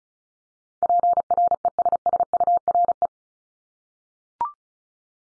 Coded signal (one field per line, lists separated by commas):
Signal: Morse code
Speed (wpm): 36 wpm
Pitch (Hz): 700 Hz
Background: none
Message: PRESSURE